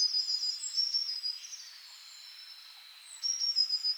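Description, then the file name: Eurasian blue tit giving thin, high-pitched calls with short trilled bursts at the start and end, and a fainter drawn-out high note between them, over a soft background hiss. "Cyanistes caeruleus"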